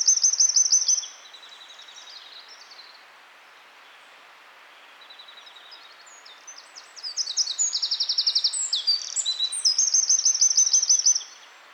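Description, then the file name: Eurasian wren: a brief shrill trill, quiet soft twittering, then a long loud outburst of rapid high trills and chattering notes. "Troglodytes troglodytes"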